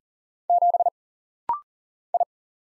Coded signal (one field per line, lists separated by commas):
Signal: Morse code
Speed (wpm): 39 wpm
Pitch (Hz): 700 Hz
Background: none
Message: 7 I